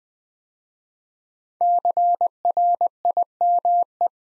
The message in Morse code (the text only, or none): CRIME